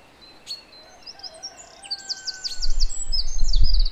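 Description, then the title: Song thrush delivering a repeated trilled phrase after thin high notes, while a low rumbling noise builds toward the end. Recorded at 06h in Durenne. "Zanglijster 06h Durenne"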